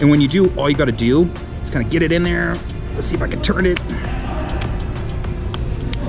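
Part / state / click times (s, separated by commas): plastic back cover of a car key fob pried off the fob body / released / 5.9 s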